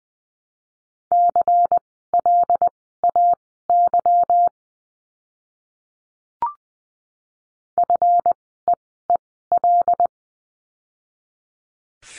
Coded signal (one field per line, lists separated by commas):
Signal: Morse code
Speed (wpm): 20 wpm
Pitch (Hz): 700 Hz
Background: none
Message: CLAY FEEL